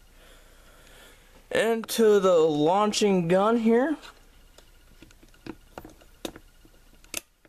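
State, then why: Seated. Someone talks, then a plastic toy spear is pushed into the spring launcher on a toy boat, making a few faint plastic handling taps. A sharp click at 7.2 s marks the spear latching in place, leaving the launcher loaded.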